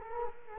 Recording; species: mosquito wingbeat signal from an infrared sensor; Culex quinquefasciatus